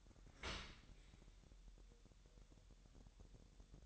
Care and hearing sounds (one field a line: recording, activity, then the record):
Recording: daily activity, microphone in the room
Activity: open dishwasher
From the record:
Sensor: 3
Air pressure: 1000.5 hPa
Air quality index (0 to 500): 248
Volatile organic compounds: 174 ppm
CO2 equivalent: 4120 ppm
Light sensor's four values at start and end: 10/24/10/10 and 10/24/10/10